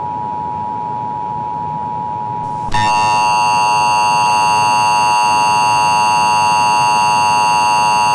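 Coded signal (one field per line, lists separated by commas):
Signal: Emergency Alert System (SAME) tones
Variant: 853 and 960 Hz attention tone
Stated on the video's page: Fictional EAS scenario.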